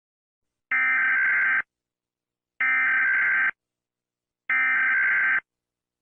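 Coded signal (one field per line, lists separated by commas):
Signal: Emergency Alert System (SAME) tones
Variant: header bursts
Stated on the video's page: Fictional EAS scenario, not a real alert.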